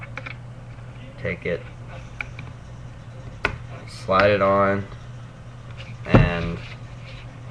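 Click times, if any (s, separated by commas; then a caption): none. Someone talks while sliding a clear window piece onto the high-capacity top shell of a DYE Rotor paintball loader, with light plastic handling taps and a sharper knock near 3.5 s. Nothing has seated or clicked yet; the clip ends before the window's plastic tabs snap into place.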